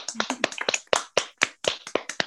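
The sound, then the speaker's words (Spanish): Brief applause: a quick, uneven run of sharp, bright hand claps from a small group, steady in loudness and without any talking over them. “Así que, nada, expresarlo en un abrazo muy fuerte y un aplauso muy fuerte y ahí seguimos, de la mano.”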